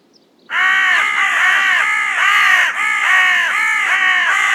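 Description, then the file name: Carrion crow giving a loud, steady series of raspy caws, roughly two per second, running nearly unbroken for about four seconds. "Corvus corone"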